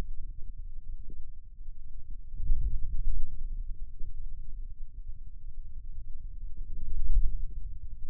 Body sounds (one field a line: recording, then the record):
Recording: forearm muscle sounds (acoustic myography)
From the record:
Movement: hand opening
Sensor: system 2, bracelet of six BSWA MPA416 microphones around the upper forearm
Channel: 1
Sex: male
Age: 22 years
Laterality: right